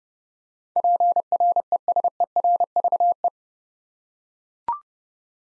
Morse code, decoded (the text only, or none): PRESERVE